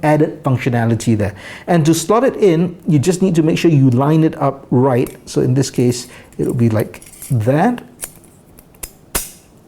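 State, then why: Seated. Someone talks while a metal tool insert is lined up and pushed into its slot on an MRF Tools Universal 4.0 steel credit-card multitool. A few faint ticks lead up to a sharp, loud click at 8.8 s as the insert locks in place.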